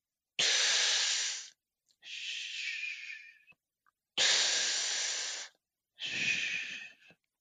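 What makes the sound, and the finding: Imitated breath sounds. Normal (vesicular) breath sounds.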